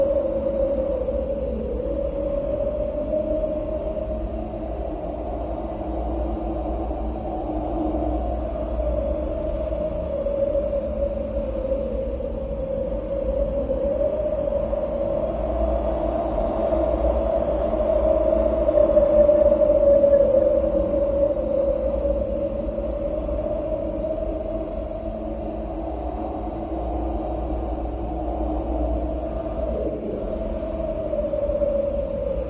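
Wind moans in a steady, hollow whistle that holds one low-middle pitch and drifts gently up and down, swelling a little around the middle. A constant low rumble runs underneath, and the sound stays dull, with no sharp or bright edges.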